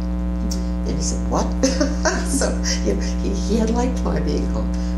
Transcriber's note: laughter